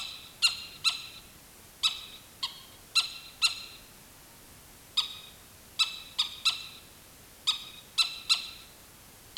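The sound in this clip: Animal alarm call: sharp, harsh chips given singly or in quick pairs and triplets at irregular intervals against a steady hiss.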